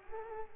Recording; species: mosquito wingbeat signal from an infrared sensor; Culex pipiens